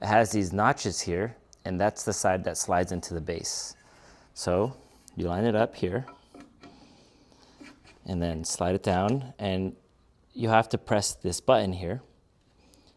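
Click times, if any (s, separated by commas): none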